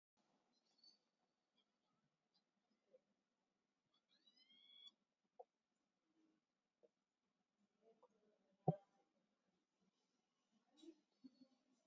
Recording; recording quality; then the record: shallow breathing; poor, much background noise or distortion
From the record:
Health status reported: COVID-19 positive, mild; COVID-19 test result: positive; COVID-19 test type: RT-PCR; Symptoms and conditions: cough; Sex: female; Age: 18 years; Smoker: no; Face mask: worn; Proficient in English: yes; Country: India